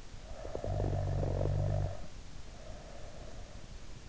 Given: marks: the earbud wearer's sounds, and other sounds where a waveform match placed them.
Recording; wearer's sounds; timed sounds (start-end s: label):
sounds in sleep by an in-ear microphone; snoring breath
0.13-3.45 s: snoring breath